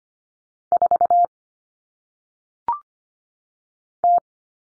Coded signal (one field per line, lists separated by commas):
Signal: Morse code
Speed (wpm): 25 wpm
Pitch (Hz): 700 Hz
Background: none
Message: 4 T